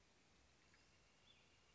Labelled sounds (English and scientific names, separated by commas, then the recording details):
Northern Flicker (Colaptes auratus)
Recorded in Sonoma County, California